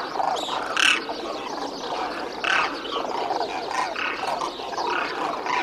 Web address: demoiselle crane